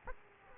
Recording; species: mosquito wingbeat signal from an infrared sensor; Aedes aegypti